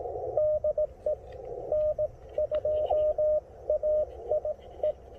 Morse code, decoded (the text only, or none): DE N2AIE